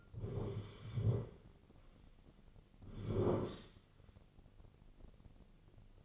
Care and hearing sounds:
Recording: daily activity, microphone in the room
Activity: sit down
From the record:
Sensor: 4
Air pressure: 1010.1 hPa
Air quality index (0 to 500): 182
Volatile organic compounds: 2 ppm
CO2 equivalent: 1315 ppm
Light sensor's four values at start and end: 39/96/40/43 and 39/97/40/43

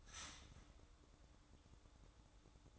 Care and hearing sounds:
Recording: daily activity, microphone in the room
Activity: start toaster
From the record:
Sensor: 3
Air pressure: 1007.2 hPa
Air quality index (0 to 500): 55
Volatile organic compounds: 1 ppm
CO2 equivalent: 595 ppm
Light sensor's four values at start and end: 8/18/7/7 and 8/18/7/7

